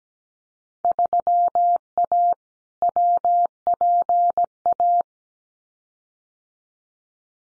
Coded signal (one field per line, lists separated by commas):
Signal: Morse code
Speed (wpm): 17 wpm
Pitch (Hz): 700 Hz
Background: none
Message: 3A WPA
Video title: Field Day Exchange 17wpm